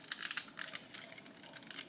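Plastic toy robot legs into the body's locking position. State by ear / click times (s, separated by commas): not seated / none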